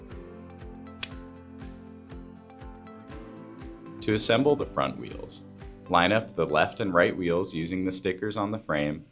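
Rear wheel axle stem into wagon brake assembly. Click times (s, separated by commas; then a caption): 1.0 s. A rear wheel's axle stem is pushed into the hole on the plastic brake assembly of a Radio Flyer Voya 2.0 2-Seat and 4-Seat Stroller Wagon, and a sharp click sounds at 1.0 s as it seats. Music plays throughout, and from about 4 seconds someone talks.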